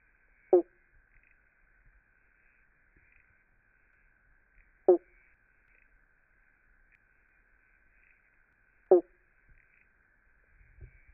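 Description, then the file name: Eastern banjo frog calling a short, resonant banjo-like 'bonk' three times, roughly every four seconds, with a constant faint high drone behind. Recorded at Glen Innes. "Limnodynastes dumerilii Glen Innes"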